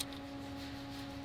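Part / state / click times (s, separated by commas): engine harness connector mating to ECU harness connector / not seated / none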